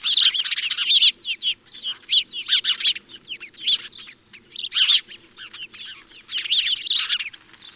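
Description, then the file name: House sparrow chirping in bursts, clustered cheeps and chatter coming in uneven groups with brief gaps between them. "Passer domesticus"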